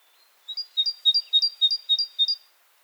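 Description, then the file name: Great tit song, seven clear two-note phrases delivered evenly at about three per second, clean and uninterrupted. "Parus major"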